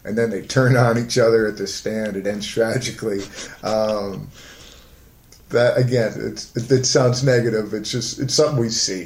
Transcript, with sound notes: And then they turn on each other at the stand. It ends tragically. [Laughter] Again, it sounds negative, but it's something we see.